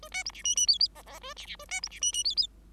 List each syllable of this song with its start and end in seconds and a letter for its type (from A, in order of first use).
0.02-0.09 A, 0.11-0.23 B, 0.25-0.31 C, 0.33-0.42 D, 0.44-0.55 E, 0.56-0.67 E, 0.67-0.78 F, 0.95-1.02 G, 1.06-1.19 G, 1.21-1.34 A, 1.36-1.46 D, 1.46-1.56 D, 1.59-1.66 A, 1.68-1.81 B, 1.82-1.89 C, 1.90-2.00 D, 2.01-2.12 E, 2.12-2.24 E, 2.24-2.35 F, 2.36-2.47 F